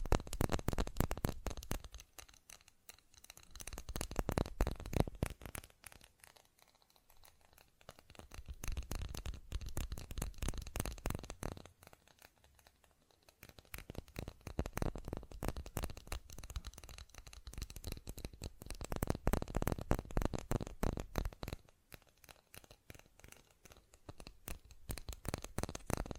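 Fast tapping comes in dense bursts of quick, crisp strikes, each lasting a few seconds before dropping to near silence and starting again. The taps are sharp and bright with a papery, crinkly edge, and the pace stays rapid throughout.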